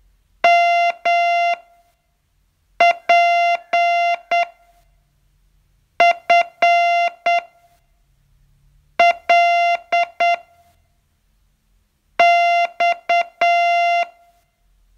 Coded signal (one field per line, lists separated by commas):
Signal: Morse code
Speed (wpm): 8 wpm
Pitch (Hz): 690 Hz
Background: music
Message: MPFL X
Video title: Learn Morse in 42 Days from VU2LAU - day 40